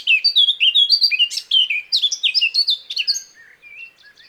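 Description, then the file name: Eurasian blackcap song: a fast, loud run of fluty, twisting notes that fades into softer scattered notes at the end. "Sylvia atricapilla"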